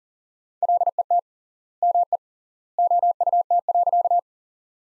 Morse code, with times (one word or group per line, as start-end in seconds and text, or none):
0.6-1.2 LET
1.8-2.2 ME
2.8-4.2 OUT.